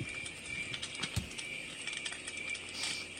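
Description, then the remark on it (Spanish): A recorded campfire sound from an hour-and-20-minute campfire recording, played at lowered volume, crackles steadily, with dense irregular snaps and small pops over a constant bright hiss and one sharper, louder pop partway through. No voices. “Este es una hora 20 de sonido de fogata.”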